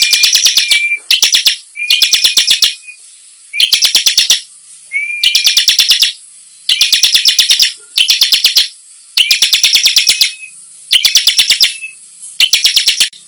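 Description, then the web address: Bar-winged prinia giving many repeated buzzy trilled bursts, with faint level whistles tucked into several phrases. Singing actively in the "nembak" (shooting) song style. "ciblek suara-ciblek-gacor-nembak"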